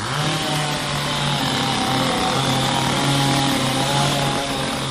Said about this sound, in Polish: 7-latek dał radę, także podejrzewam, że każdy może. Jeżeli ma odwagę i się nie boi nacięć piły mechanicznej, bo jest to dość niebezpieczne urządzenie, ale polecam.